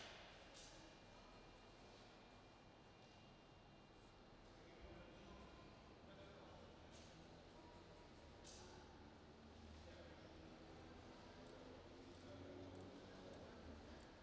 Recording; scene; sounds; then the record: everyday scene through a hearing-aid microphone; reverberant space; background noise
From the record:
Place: railway station hall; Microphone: in the ear canal, right